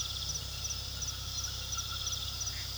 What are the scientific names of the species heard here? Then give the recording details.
none. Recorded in pastures near Puerto Asís, Putumayo, Colombia, on 18 February 2024 at 22:00. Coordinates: 0.486, -76.323. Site G6462